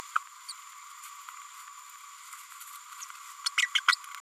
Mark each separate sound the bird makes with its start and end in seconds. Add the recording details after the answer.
3.46-3.49, 3.57-3.62, 3.74-3.80, 3.88-3.95. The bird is a female. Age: 30 days. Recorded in a nest box in Venezuela. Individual 17B102A6